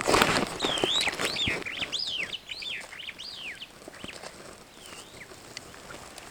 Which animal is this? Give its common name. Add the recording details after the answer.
Superb Starling. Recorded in Kenya on 6 July 2010. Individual 19, of group CF2